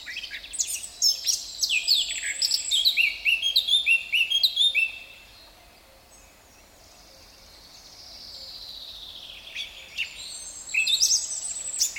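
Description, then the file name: Eurasian blackcap delivering a brisk, bubbling warble of high whistled notes for about five seconds, a quiet gap, then a fresh burst of song. "Sylvia atricapilla"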